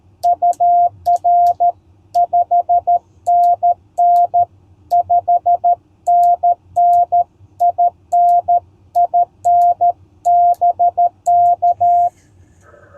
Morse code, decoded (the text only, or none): UR 5NN 5NN IN IN BK